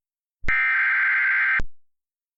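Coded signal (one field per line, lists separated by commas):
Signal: Emergency Alert System (SAME) tones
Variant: header bursts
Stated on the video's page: Mock flash flood warning.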